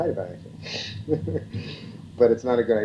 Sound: laughs